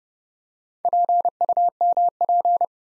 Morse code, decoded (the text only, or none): PUMP